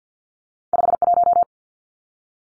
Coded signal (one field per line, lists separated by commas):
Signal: Morse code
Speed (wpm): 50 wpm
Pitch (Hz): 700 Hz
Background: none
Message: 51